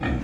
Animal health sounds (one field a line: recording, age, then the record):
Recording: pig call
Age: growing-finishing pig (85 days or more)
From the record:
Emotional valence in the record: negative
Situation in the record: barren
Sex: female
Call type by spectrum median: low-frequency call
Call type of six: low-frequency stable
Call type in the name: low-frequency stable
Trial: 1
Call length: 0.25 s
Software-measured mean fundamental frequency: 64 Hz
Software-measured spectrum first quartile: 157 Hz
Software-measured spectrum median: 354 Hz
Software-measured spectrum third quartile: 1264 Hz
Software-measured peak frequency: 261 Hz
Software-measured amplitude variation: 103 dB a second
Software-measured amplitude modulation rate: 26.3 a second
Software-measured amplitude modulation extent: 3.9 dB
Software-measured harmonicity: 1.1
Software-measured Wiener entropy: -1.81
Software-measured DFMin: 717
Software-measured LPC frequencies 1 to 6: 1789, 2405, 3349, 4415, 5434, 6428 Hz